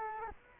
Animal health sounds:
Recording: mosquito wingbeat signal from an infrared sensor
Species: Culex quinquefasciatus

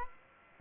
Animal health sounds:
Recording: mosquito wingbeat signal from an infrared sensor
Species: Aedes aegypti

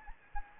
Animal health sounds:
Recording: mosquito wingbeat signal from an infrared sensor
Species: Anopheles gambiae

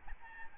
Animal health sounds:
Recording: mosquito wingbeat signal from an infrared sensor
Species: Aedes albopictus

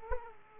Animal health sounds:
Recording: mosquito wingbeat signal from an infrared sensor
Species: Aedes aegypti

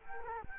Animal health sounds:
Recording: mosquito wingbeat signal from an infrared sensor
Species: Culex quinquefasciatus

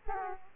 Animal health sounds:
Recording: mosquito wingbeat signal from an infrared sensor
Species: Aedes aegypti

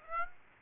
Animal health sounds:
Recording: mosquito wingbeat signal from an infrared sensor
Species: Aedes aegypti

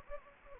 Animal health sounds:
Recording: mosquito wingbeat signal from an infrared sensor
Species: Anopheles gambiae

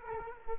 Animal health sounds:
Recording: mosquito wingbeat signal from an infrared sensor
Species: Culex quinquefasciatus

